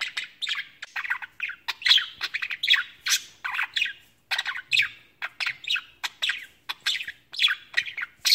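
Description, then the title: Budgerigar warbling and chattering in rapid scratchy phrases of chirps and squawks, with short gaps between bursts. "Budgie Sounds"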